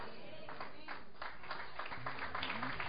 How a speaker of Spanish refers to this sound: Si se lo va a dar, déselo grande el aplauso.